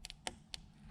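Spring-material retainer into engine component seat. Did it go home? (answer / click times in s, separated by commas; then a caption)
no / none. A springy retainer is worked around its seat on a Porsche 911 M96 short-block engine component, giving short, sharp ticks at about 0.1, 0.3 and 0.5 seconds over a low background hum. Nothing has seated or clicked yet; the part is still being handled and is not yet home.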